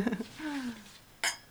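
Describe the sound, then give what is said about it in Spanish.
Glasses clink together in a toast on a radio programme, to the listeners, to life and to poetry: one sharp, bright strike with a short high ringing tail, coming after some brief voiced sounds at the start. “Y podríamos hacer un brindis, ¿no?”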